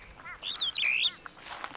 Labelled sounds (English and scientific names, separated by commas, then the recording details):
Superb Starling (Lamprotornis superbus) flight call
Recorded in Kenya